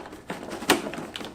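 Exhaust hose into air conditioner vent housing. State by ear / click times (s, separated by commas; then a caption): seated / 0.7 s. A plastic exhaust hose for an EcoFlow Wave 2 portable air conditioner is twisted into place on top of the vent housing. Several short clicks and rattles are heard, with the strongest sharp click at 0.7 s as it locks. The hose is seated and locked onto the housing.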